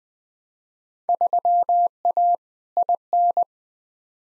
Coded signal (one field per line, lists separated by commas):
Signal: Morse code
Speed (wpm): 20 wpm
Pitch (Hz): 700 Hz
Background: none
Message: 3A IN